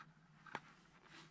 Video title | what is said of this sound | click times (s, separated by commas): Crochet Bunny Drawstring Bag | you hear it and it clicked | 0.5 s